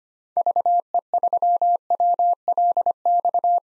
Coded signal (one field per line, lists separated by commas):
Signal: Morse code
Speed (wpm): 25 wpm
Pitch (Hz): 700 Hz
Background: none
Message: VE3WLX